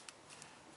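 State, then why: Seated. The plastic back cover of a Nokia 808 PureView smartphone running Nokia Belle FP2 is put back on and pressed onto the body until its clips snap in. Two short ticks are heard at 0.1 s and 0.4 s, and the cover is seated.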